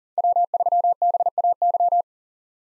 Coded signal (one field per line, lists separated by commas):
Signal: Morse code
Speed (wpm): 39 wpm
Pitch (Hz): 700 Hz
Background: none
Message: W3BAY